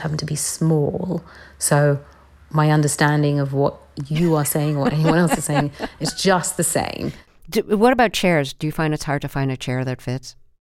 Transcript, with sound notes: I just happen to be small. So my understanding of what you are saying...
(Laughter).
...What anyone else is saying is just the same.
What about chairs? Do you find it's hard to find a chair that fits?